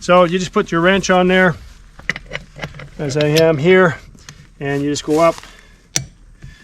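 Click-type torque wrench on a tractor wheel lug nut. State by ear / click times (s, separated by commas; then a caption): torque reached / 6.0 s. A click-type torque wrench set to 62 is pulled on a wheel lug nut of a Kubota LX2610 / LX3310 tractor during its 50-hour service. Someone talks while a few short taps sound around 2.0–2.8 s. The wrench gives a sharp click at 6.0 s as it reaches the set torque, confirming the nut is torqued.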